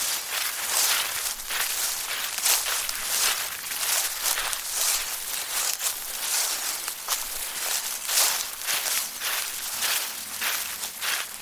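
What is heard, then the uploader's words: Dry autumn leaves crunch in a steady run of bright crackles, as if someone is walking through a thick layer of them. Crisp bursts arrive roughly every half second, with little low sound beneath, and the rustle never fully stops. Sounds of Crunchy Autumn Leaves.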